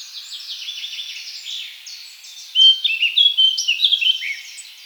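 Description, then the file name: Eurasian blackcap song: a soft scratchy warble that breaks into a louder run of quick whistled and chattering notes. "Sylvia atricapilla"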